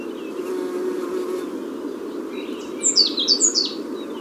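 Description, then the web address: African blue tit calls, a short burst of high, thin notes each sliding downward, heard near the end over a steady low rumbling hum. Tenerife, Canary Islands. "wroblowe ptaki cyanistes teneriffae"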